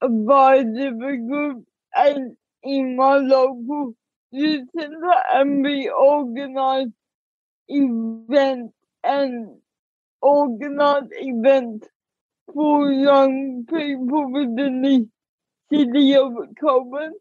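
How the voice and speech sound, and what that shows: Young adult woman with cerebral palsy, diagnosed at age two, speaking with dysarthria: slow, effortful speech broken by frequent pauses, with drawn-out sounds and a fairly high-pitched voice.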